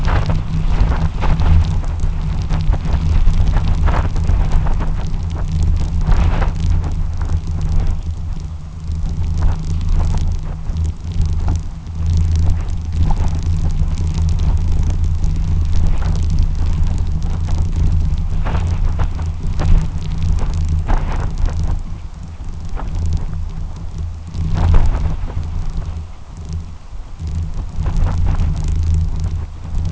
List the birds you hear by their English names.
none